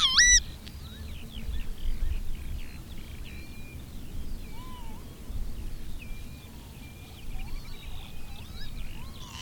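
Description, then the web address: Bird calls: one short, sharp call opens, followed by soft, scattered whistles and chirps over steady low background noise. "madarak enek"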